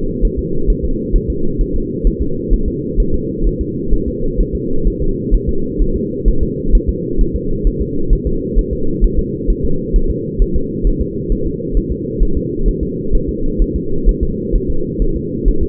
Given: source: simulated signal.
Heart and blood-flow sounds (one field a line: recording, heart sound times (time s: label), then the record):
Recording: fetal heart sounds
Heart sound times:
0.25 s: S1
0.39 s: S2
0.70 s: S1
0.84 s: S2
1.16 s: S1
1.30 s: S2
1.61 s: S1
1.76 s: S2
2.07 s: S1
2.22 s: S2
2.53 s: S1
2.68 s: S2
3.00 s: S1
3.14 s: S2
3.47 s: S1
3.61 s: S2
3.94 s: S1
4.08 s: S2
4.40 s: S1
4.55 s: S2
4.87 s: S1
5.02 s: S2
5.34 s: S1
5.49 s: S2
5.81 s: S1
5.96 s: S2
6.28 s: S1
6.43 s: S2
6.75 s: S1
6.89 s: S2
7.21 s: S1
7.36 s: S2
7.67 s: S1
7.81 s: S2
8.13 s: S1
8.27 s: S2
8.58 s: S1
8.73 s: S2
9.04 s: S1
9.19 s: S2
9.50 s: S1
9.65 s: S2
9.96 s: S1
10.10 s: S2
10.42 s: S1
10.56 s: S2
10.87 s: S1
11.02 s: S2
11.32 s: S1
11.46 s: S2
11.77 s: S1
11.92 s: S2
12.22 s: S1
12.37 s: S2
12.68 s: S1
12.83 s: S2
13.15 s: S1
13.29 s: S2
13.62 s: S1
13.76 s: S2
14.09 s: S1
14.23 s: S2
14.55 s: S1
14.70 s: S2
15.02 s: S1
15.16 s: S2
15.48 s: S1
15.63 s: S2
From the record:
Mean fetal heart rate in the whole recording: 130 bpm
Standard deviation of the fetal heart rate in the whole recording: 2 bpm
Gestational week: 38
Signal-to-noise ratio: -8.1 dB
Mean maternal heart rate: 72 bpm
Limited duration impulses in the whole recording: absent